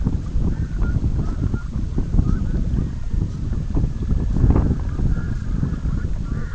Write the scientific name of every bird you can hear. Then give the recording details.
Gavia stellata. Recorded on Arctic tundra, site EABA-MC, on 19 June 2019. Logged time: 02:00